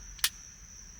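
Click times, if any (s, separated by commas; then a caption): 0.2 s. A new plastic roof open/close button cap is lined up and pressed onto the switch in the centre console of a BMW E89 Z4. A single short, sharp click at 0.2 s rises above a quiet background with a steady high-pitched tone. The cap clamps on, and the switch is then tested and works.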